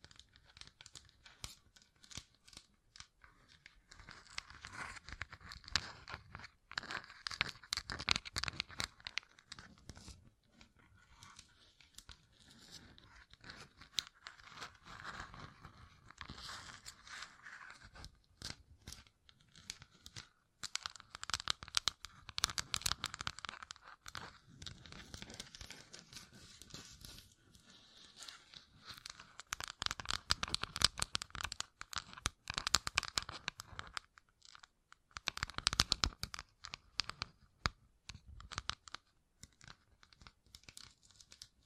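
Fingertips covered in gems tap and scratch in dense, irregular flurries of crisp clicks and scrapes, with a crinkly, tearing texture. The activity comes in bursts that swell and fade, busiest around 7–9, 21–24, 30–32 and 35–37 seconds, with quieter gaps between.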